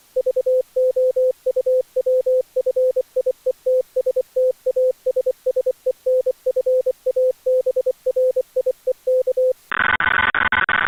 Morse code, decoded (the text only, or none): VOUWFIETSTASSENFABRIEK